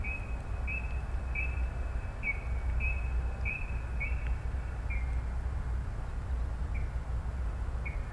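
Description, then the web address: Brown-cheeked rail uttering a run of clipped high notes that thins out into a few scattered calls, with low background rumble throughout. "koe kuina"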